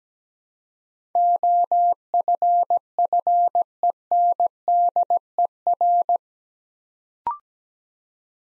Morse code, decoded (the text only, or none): OFFENDER